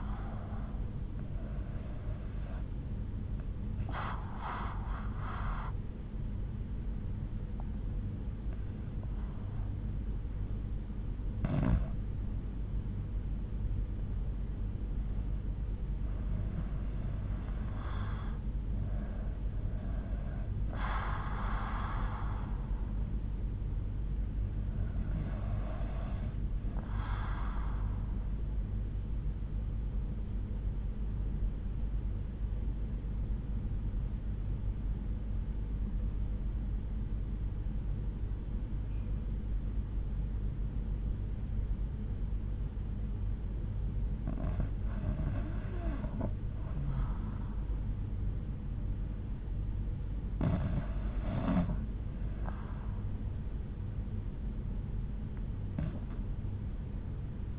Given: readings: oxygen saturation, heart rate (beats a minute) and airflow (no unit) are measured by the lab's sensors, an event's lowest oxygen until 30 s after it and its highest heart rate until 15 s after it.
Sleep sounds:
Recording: breathing in sleep by a smartphone at the bedside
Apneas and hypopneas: 1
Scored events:
36.00-47.10 s: obstructive apnea (REM, oxygen 95% highest, then 90% lowest)
From the record:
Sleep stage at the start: REM sleep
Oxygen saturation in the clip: 92 to 95%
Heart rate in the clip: 59 to 74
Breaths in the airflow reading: 8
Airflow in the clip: -6.0 to 8.0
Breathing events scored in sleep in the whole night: 368 in 8.0 hours asleep

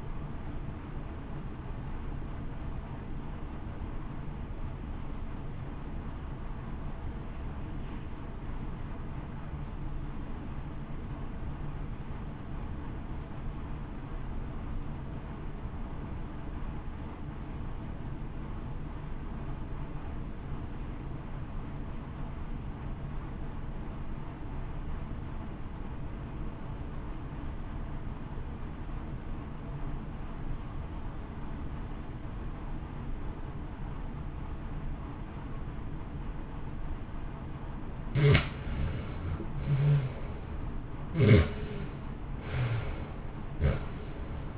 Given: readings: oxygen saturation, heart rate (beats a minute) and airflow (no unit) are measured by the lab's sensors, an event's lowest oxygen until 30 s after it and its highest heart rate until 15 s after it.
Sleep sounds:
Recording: breathing in sleep by a smartphone at the bedside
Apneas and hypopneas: 1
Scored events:
4.00-35.60 s: obstructive apnea (REM, oxygen 93% highest, then 63% lowest, heart rate 57 at the start, 77 highest)
From the record:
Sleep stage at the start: REM sleep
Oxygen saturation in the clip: 71 to 93%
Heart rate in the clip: 57 to 76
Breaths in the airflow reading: 7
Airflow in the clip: -1.5 to 1.9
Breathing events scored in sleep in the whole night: 328 in 6.3 hours asleep

